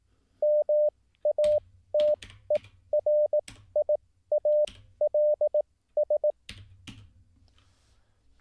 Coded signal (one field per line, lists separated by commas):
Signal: Morse code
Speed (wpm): 18 wpm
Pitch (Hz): 600 Hz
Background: none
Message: MATERIALS